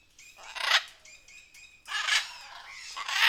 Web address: best service Blue Box birds birds jungle